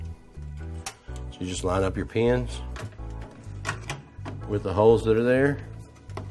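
Someone talks while a plastic motherboard power connector plug is lined up with the header pins on the motherboard power header and pressed down, with its latch clip meant to snap over the ledge. A few short ticks and handling noises are heard, but the clip ends before the plug goes home, so nothing has seated or clicked yet.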